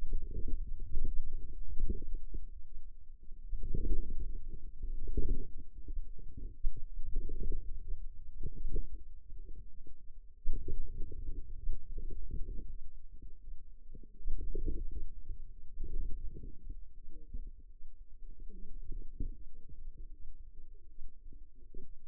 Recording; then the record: forearm muscle sounds (acoustic myography)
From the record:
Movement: outward rotation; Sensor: system 2, bracelet of six BSWA MPA416 microphones around the upper forearm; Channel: 5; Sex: female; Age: 21 years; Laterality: right